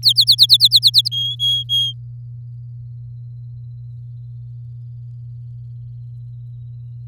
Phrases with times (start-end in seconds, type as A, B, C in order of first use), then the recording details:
0.02-1.08 A, 1.11-1.93 B. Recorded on 8 May 2018 at 05:52. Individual llb16